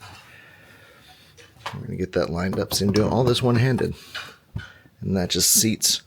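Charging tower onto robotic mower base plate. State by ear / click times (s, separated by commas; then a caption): not seated / none. Someone talks while lining up the plastic charging tower of a MOVA LiDax Ultra 1000 robotic lawnmower dock, one-handed, over its base plate before pushing it down. Quiet handling noise is heard under and between the talking. Nothing has seated or clicked yet.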